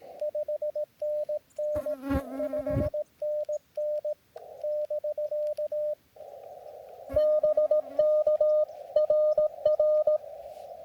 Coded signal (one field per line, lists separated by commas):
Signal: Morse code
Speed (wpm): 17 wpm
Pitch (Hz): 600 Hz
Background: radio noise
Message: 5NN 5NN <BK> BK RR